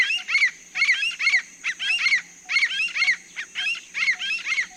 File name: swamp francolin